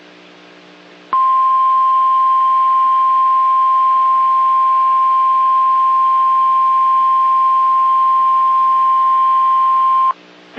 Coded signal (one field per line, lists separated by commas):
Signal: Emergency Alert System (SAME) tones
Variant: 1050 Hz attention tone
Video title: FWD Severe Thunderstorm Warning (EAS #53)